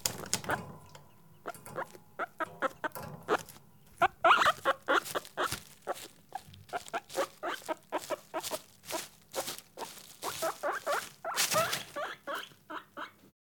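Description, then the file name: Guinea pig uttering irregular short chirps and squeaks with scattered rustling and tapping throughout. Caged guinea pig, recorded close. "Digiffects Sound Effects Library - Close Guinea Pig in Cage"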